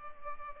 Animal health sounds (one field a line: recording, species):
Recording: mosquito wingbeat signal from an infrared sensor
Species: Culex pipiens